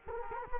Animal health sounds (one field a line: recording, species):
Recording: mosquito wingbeat signal from an infrared sensor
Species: Culex quinquefasciatus